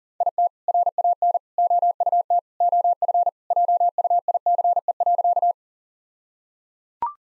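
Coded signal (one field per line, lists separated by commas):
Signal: Morse code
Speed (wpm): 37 wpm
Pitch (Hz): 700 Hz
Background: none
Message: IT RAN OUT OF JUICE.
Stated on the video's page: Morse code practice at 40 wpm, jokes with contextual priming.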